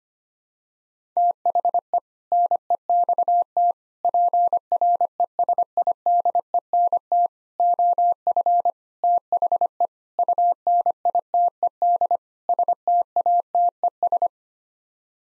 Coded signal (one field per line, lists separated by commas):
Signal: Morse code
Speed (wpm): 25 wpm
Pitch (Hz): 700 Hz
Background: none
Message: THE NEXT PRESIDENT OF THE UNITED STATES